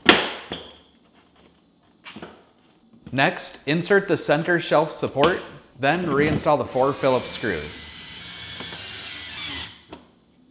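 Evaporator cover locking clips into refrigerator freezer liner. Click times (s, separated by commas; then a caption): 0.1 s. The plastic evaporator cover's locking clips are pushed into the liner of a Samsung refrigerator's freezer and snap into place with one sharp, loud click at 0.1 s, seating the cover. Afterward someone talks, and a steady hiss follows. A faint knock comes at 9.9 s.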